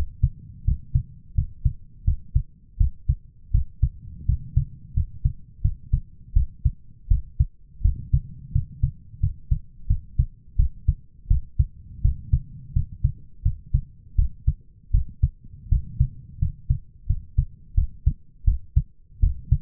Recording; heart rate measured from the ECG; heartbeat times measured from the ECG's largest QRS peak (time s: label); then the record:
heart sounds by stethoscope; 84 bpm
0.65 s: heartbeat
1.35 s: heartbeat
2.04 s: heartbeat
2.77 s: heartbeat
3.51 s: heartbeat
4.26 s: heartbeat
4.94 s: heartbeat
5.62 s: heartbeat
6.33 s: heartbeat
7.08 s: heartbeat
7.82 s: heartbeat
8.52 s: heartbeat
9.20 s: heartbeat
9.87 s: heartbeat
10.56 s: heartbeat
11.28 s: heartbeat
12.02 s: heartbeat
12.73 s: heartbeat
13.42 s: heartbeat
14.16 s: heartbeat
14.91 s: heartbeat
15.69 s: heartbeat
16.39 s: heartbeat
17.07 s: heartbeat
17.75 s: heartbeat
18.45 s: heartbeat
19.20 s: heartbeat
From the record:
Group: healthy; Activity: rest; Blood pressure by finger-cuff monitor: 144/103 mmHg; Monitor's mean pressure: 114 mmHg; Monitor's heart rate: 84 bpm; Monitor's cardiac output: 7.1 L/min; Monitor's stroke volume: 84 mL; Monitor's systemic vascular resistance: 1200 dyn s/cm5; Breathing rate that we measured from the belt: 16 breaths a minute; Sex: male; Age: 23 years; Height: 179 cm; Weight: 87 kg